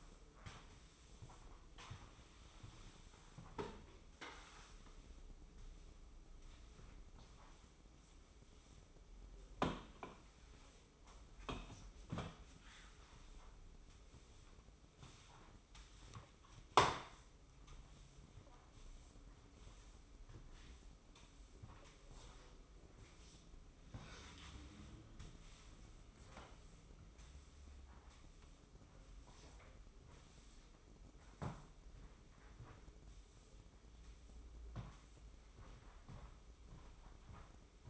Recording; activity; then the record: daily activity, microphone in the room; sweep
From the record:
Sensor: 1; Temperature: 24.1 degrees Celsius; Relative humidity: 31.5%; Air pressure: 995.9 hPa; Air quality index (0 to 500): 67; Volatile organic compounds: 3 ppm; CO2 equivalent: 1360 ppm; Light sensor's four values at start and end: 33/113/43/46 and 33/111/43/45